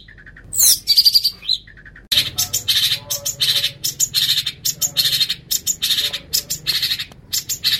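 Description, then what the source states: Long-tailed shrike producing a dense run of rasping, buzzy notes mixed with a few brief whistles, the chatter tumbling on almost without pause over a faint background hum. Training recording used to teach songs to caged birds.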